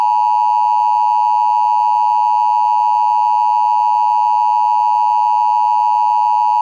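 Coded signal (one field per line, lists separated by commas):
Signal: Emergency Alert System (SAME) tones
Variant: 853 and 960 Hz attention tone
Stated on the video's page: Monthly EAS tests, mostly required monthly tests, from TV stations; encoders are DASDEC-IIs unless noted.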